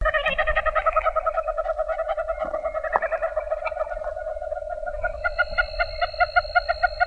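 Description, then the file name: Nightjar churring, a steady low purring trill with overlapping pulsed trills above; a second pulsed series starts about two seconds before the end, with a faint low rumble beneath. "LENI 3 deviche"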